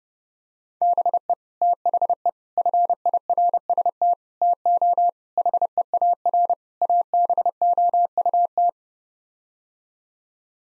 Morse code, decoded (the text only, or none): BE THE FIRST TO HEAR ABOUT